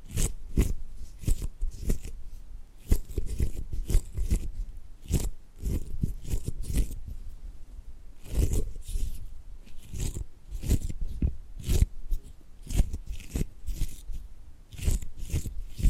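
Tapping and gripping sounds come as a steady run of sharp, crisp taps and scratchy rustles, roughly two or three per second across the whole stretch. Each hit is brief, with a dull low thump under a bright, papery crackle, and a short quieter gap falls around eight seconds.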